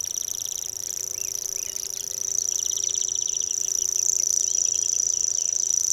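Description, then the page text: Common grasshopper warbler, a long, steady high reeling trill, with repeated chirps from another bird and a low steady hum. Song, recorded at Bebertal, Germany, labelled 080727, during the Singwarte nature sound recording camp near Süplingen and Magdeburg. "cgrasshw locustella naevia. Singwarte nature sound recording camp – Patrick Franke. Süplingen near Magdeburg, East-Germany"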